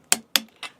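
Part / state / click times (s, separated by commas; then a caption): torque wrench on wheel nut of a vehicle wheel / torque reached / 0.1 s, 0.4 s. A torque wrench re-checks already tightened wheel nuts on a vehicle wheel one by one. It gives sharp clicks at its setting at 0.1 s and 0.4 s, followed by a softer click near 0.6 s. The clicks confirm the nuts are already tight.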